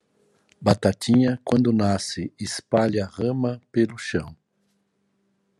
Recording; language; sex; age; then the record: short text; Brazilian Portuguese; male; 50 to 59 years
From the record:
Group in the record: control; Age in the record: 56 years